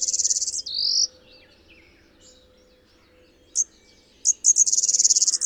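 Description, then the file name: Blue-winged warbler song: the tail of one buzzy two-part phrase, a pause with faint chirps, then short high notes leading into another long high buzz. "Blue-winged Warbler - Vermivora cyanoptera"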